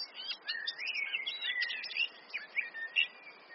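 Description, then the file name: Eurasian blackcap giving a quieter warbling phrase of slurred whistles and soft chatter over a hissy background. "Sylvia atricapilla"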